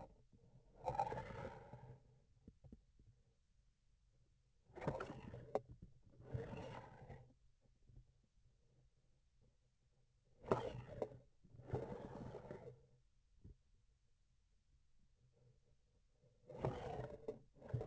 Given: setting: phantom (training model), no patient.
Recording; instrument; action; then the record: laparoscopic instrument, vibration sensor on the handle end; grasping forceps; approaching and retracting movements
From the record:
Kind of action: spatial motion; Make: other than Olympus